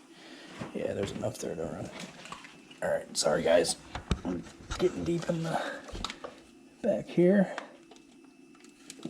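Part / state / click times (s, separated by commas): thermostat power plug into outlet or power strip / not seated / none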